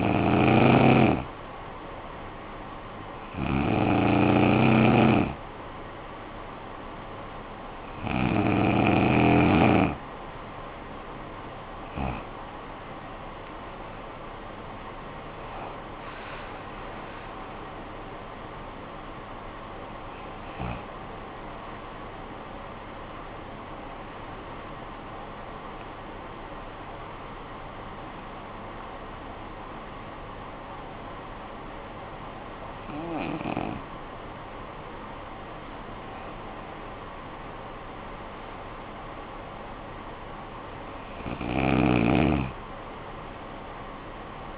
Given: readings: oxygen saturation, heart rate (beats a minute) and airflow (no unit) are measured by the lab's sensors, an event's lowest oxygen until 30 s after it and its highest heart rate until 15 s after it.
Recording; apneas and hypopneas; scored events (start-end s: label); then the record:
breathing in sleep by a voice recorder at the bedside; 1
5.00-44.58 s: new sleep stage, N1 (lightest sleep)
27.00-37.90 s: hypopnea (N1, oxygen 94% highest, then 93% lowest, heart rate 72 at the start, 76 highest)
From the record:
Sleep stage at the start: N2 (light sleep); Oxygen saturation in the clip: 93 to 96%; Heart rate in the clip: 56 to 78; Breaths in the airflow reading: 11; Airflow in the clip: -17.7 to 12.4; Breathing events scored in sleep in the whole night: 445 in 7.6 hours asleep